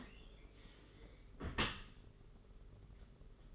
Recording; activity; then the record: daily activity, microphone in the room; close dishwasher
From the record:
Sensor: 4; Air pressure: 992.2 hPa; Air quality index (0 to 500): 108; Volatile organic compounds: 17 ppm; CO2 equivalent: 2590 ppm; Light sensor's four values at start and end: 23/78/28/30 and 23/78/28/30